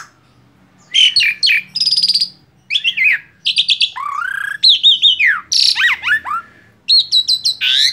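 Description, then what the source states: Asian pied starling song: bursts of varied whistles, buzzy rattles and sliding notes, some rising and falling, in quick phrases over eight seconds with short gaps. Training recording (masteran) of song used to teach caged birds.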